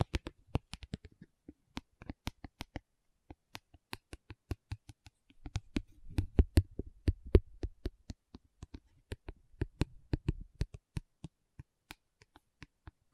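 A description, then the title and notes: Sharp tapping with no talking, each tap a crisp click ringing up into the highs. The taps come in irregular bursts, dense early and from about five to eleven seconds, with softer low rustling underneath in the middle, then thin out to sparse single taps near the end. Tapping Session (No Talking).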